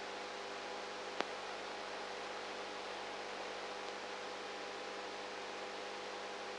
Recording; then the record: brain microelectrode recording played as sound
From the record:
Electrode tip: outside the subthalamic nucleus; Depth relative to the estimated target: -6 mm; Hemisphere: right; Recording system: NeuroSet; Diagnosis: Parkinson's disease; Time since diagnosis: 19 years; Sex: female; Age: 58 years